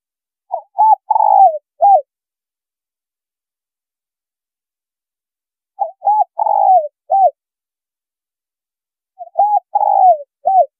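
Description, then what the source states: Spotted dove giving three phrased coos, clipped opening notes leading into a drawn-out burry coo and a short closing note, spaced several seconds apart. Female bird.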